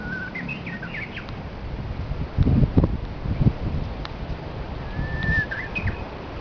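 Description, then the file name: Japanese bush warbler song, faint: a held whistled note followed by a quick twisting flourish, heard twice, over louder low wind and rustling noise. "uguisu"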